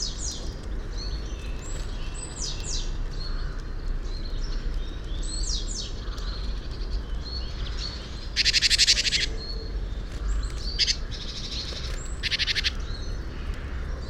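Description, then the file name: Great tit calls: sharp high notes and a few loud buzzy bursts over a steady low rumble. "Parus major"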